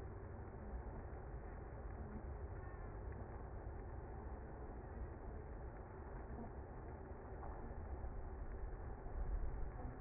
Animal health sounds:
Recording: honeybee colony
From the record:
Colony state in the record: active

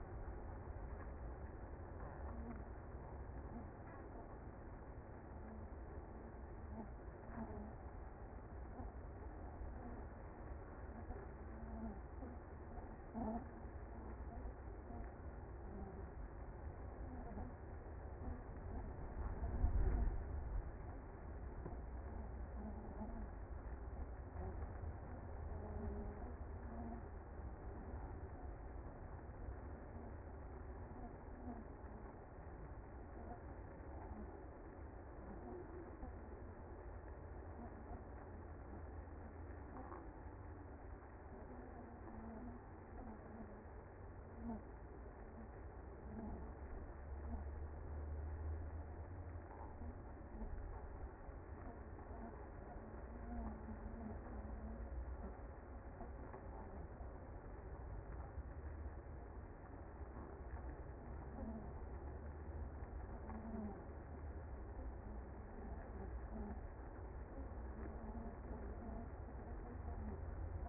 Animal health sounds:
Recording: honeybee colony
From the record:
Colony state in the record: active

